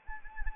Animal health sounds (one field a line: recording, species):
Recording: mosquito wingbeat signal from an infrared sensor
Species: Anopheles arabiensis